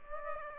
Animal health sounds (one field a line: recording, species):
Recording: mosquito wingbeat signal from an infrared sensor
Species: Aedes aegypti